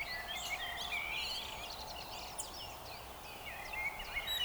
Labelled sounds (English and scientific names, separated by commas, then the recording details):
Eurasian Woodcock (Scolopax rusticola)
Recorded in Baden-Württemberg, Germany, on 29 June 2020 at 03:04 UTC
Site 43791, 788 m above sea level